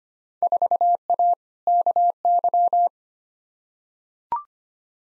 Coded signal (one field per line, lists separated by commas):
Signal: Morse code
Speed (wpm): 25 wpm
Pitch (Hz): 700 Hz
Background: none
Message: 4A KY